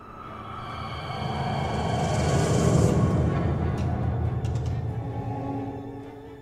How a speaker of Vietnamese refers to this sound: Sau khi cánh cửa tiếp nhận vong quỷ thì đóng sầm lại rồi ầm ầm tan biến.